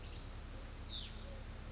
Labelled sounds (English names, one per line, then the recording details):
Hutton's Vireo
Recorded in Sonoma County, California